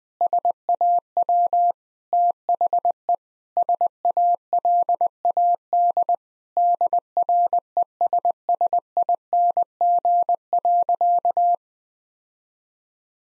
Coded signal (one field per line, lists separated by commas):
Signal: Morse code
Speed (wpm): 20 wpm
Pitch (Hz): 700 Hz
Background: none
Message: SAW THE SALAD DRESSING.